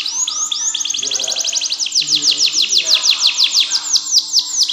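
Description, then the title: Canary delivering a quick high trill that shifts into slower, fuller downward-sweeping notes repeated several times a second. "Ini Baru Kenari!"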